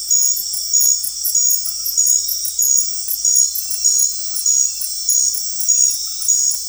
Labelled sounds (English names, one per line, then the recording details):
none
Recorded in dense forest near Puerto Asís, Putumayo, Colombia, on 19 March 2025 at 20:30
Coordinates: 0.503, -76.323
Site GP09